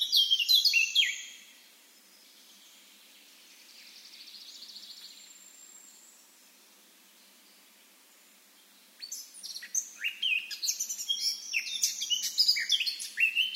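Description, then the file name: Eurasian blackcap song: a burst of varied warbling notes at the start, a quiet gap, then a longer rapid run of chattering and fluty phrases. "Sylvia atricapilla"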